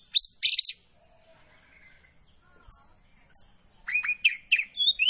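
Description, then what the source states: Oriental Magpie-robin giving two short chattering bursts, a quiet gap with only a few faint notes, then whistled phrases picking up again. Kacer poci variety, singing vigorously (gacor).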